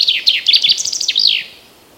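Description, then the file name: Common chaffinch song fragment: fast, descending chipping notes ending in a brief flourish, then quiet. "Fringilla coelebs"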